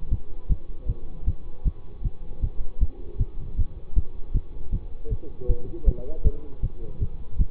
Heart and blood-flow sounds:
heart sounds by stethoscope; between the tricuspid and mitral areas; 157 bpm
0.12 s: heartbeat
0.50 s: heartbeat
0.89 s: heartbeat
1.27 s: heartbeat
1.66 s: heartbeat
2.04 s: heartbeat
2.43 s: heartbeat
2.81 s: heartbeat
3.20 s: heartbeat
3.58 s: heartbeat
3.96 s: heartbeat
4.35 s: heartbeat
4.73 s: heartbeat
5.11 s: heartbeat
5.49 s: heartbeat
5.87 s: heartbeat
6.25 s: heartbeat
6.63 s: heartbeat
7.01 s: heartbeat
7.39 s: heartbeat
From the record:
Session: bicycle stress test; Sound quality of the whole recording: good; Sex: male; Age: 24 years

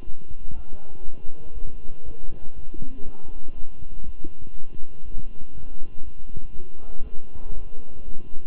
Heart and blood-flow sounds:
heart sounds by stethoscope; between the tricuspid and mitral areas; 120 bpm
0.05 s: heartbeat
0.54 s: heartbeat
1.04 s: heartbeat
1.54 s: heartbeat
2.04 s: heartbeat
2.55 s: heartbeat
3.04 s: heartbeat
3.54 s: heartbeat
4.04 s: heartbeat
4.54 s: heartbeat
5.04 s: heartbeat
5.53 s: heartbeat
6.03 s: heartbeat
6.53 s: heartbeat
7.02 s: heartbeat
7.53 s: heartbeat
8.04 s: heartbeat
From the record:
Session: walking at 3.7 km/h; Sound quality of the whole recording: good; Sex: male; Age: 23 years

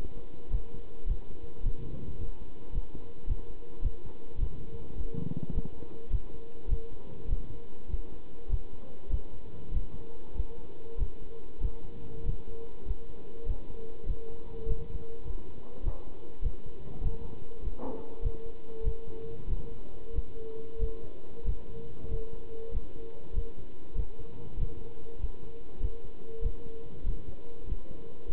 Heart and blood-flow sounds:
heart sounds by stethoscope; between the tricuspid and mitral areas; 99 bpm
0.51 s: heartbeat
1.07 s: heartbeat
1.64 s: heartbeat
2.18 s: heartbeat
2.73 s: heartbeat
3.28 s: heartbeat
3.83 s: heartbeat
4.39 s: heartbeat
4.95 s: heartbeat
5.53 s: heartbeat
6.11 s: heartbeat
6.69 s: heartbeat
7.29 s: heartbeat
7.89 s: heartbeat
8.50 s: heartbeat
9.11 s: heartbeat
9.72 s: heartbeat
10.35 s: heartbeat
10.99 s: heartbeat
11.61 s: heartbeat
12.24 s: heartbeat
12.86 s: heartbeat
13.47 s: heartbeat
14.07 s: heartbeat
14.66 s: heartbeat
15.25 s: heartbeat
15.84 s: heartbeat
16.43 s: heartbeat
17.02 s: heartbeat
17.62 s: heartbeat
18.23 s: heartbeat
18.84 s: heartbeat
19.48 s: heartbeat
20.14 s: heartbeat
20.80 s: heartbeat
21.45 s: heartbeat
22.09 s: heartbeat
22.72 s: heartbeat
23.34 s: heartbeat
23.96 s: heartbeat
24.58 s: heartbeat
25.19 s: heartbeat
25.81 s: heartbeat
26.43 s: heartbeat
27.04 s: heartbeat
27.67 s: heartbeat
28.29 s: heartbeat
From the record:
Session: pedaling a stationary bicycle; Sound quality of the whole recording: good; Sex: male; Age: 27 years

